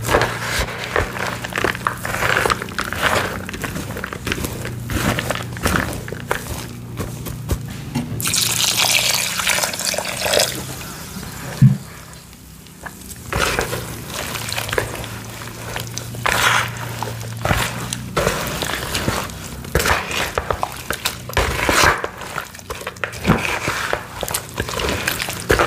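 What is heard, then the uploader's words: Dyed gym chalk blocks are crushed into a bowl of water, giving loud, dense crunching in quick irregular bursts. Around 8 to 11 seconds a bright hissing fizz takes over, and a low hum runs beneath the first half before a brief lull near 12 seconds. Dyed gym chalk blocks being crushing into a bowl of water. Loud crunchy sounds, crushing gym chalk, water sounds.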